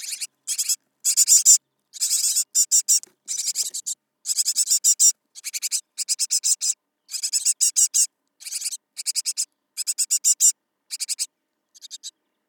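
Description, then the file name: Great tit giving many repeated harsh, buzzy bursts of rapid notes, with brief gaps between them and an otherwise silent background. "Parus major"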